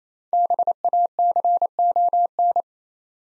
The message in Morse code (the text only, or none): BACON